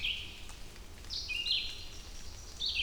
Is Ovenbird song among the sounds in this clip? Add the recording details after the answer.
no. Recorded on 2 June 2016 at 07:45. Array SBT-3-7